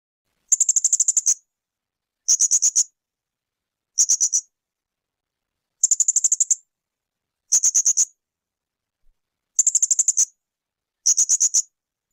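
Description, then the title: Spiderhunter song: seven bursts of fast, piercing high chips, each under a second, separated by silent gaps. Tutoring audio for training cage birds; described as singing constantly, clear and long. "Pijantung Gunung Gacor Jernih Panjang"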